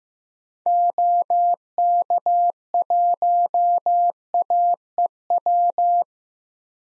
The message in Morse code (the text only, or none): OK1AEW